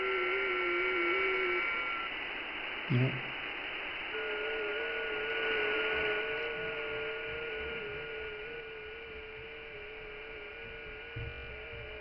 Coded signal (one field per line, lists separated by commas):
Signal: FT8